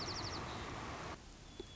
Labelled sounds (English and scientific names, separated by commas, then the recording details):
White-crowned Sparrow (Zonotrichia leucophrys)
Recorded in Sonoma County, California